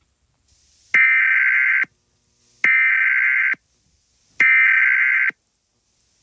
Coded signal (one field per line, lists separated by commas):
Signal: Emergency Alert System (SAME) tones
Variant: header bursts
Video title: Open Box (EAS Scenario)